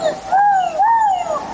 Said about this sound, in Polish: Ryś.